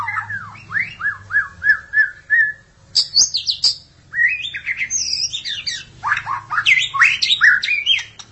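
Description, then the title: Magpie-robin or shama song: a run of repeated upslurred whistles, then rich varied warbling with sharp high notes and trills, over a low steady hum. "Suara Burung Murai"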